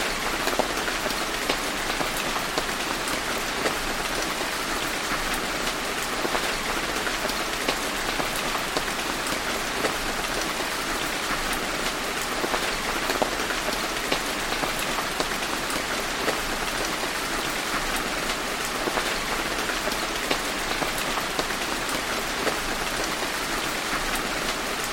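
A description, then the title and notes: Gentle rain patters steadily in a forest, a dense, even hiss of countless drops with no pauses or swells across the whole stretch. Fine individual taps flicker through the bright wash, and the sound stays light, with little low rumble beneath it. Relaxing Rain in the Rainforest. Listen to the sound of gentle rain pattering in the forest.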